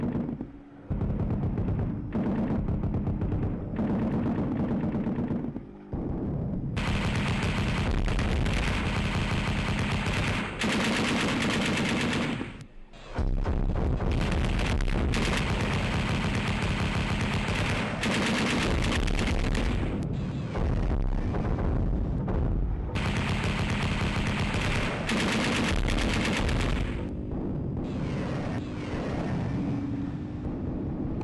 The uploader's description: The beach, bombs, parachutes, gunfire and a song.